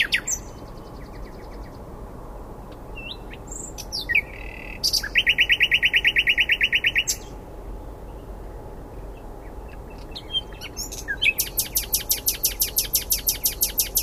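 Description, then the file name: Common nightingale delivering contrasting phrases: soft buzzy notes, a loud churring rattle of quick strokes, then a long evenly repeated series of sharp notes. "Luscinia megarhynchos"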